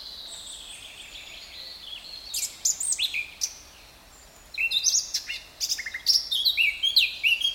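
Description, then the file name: Eurasian blackcap song: a quiet opening, then a rapid, varied burst of high chattering and fluty notes, a short pause, and another lively warbled phrase. "Sylvia atricapilla"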